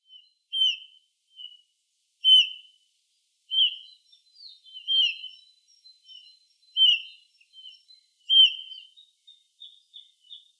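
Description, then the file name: Eurasian bullfinch uttering mellow piping calls, short falling notes spaced about every one and a half seconds, interspersed with faint thin notes, background otherwise silent. "Pyrrhula pyrrhula"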